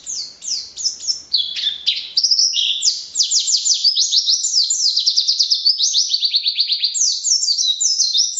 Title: Pleci RACUN (Variasi kenari , Tembakan , Gacor , new 2015 )